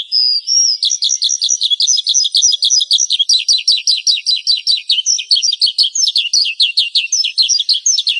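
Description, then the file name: Horsfield's bush lark song, made of dense, rapid high chirping notes delivered in quick, uneven runs without pause. "suara burung branjangan"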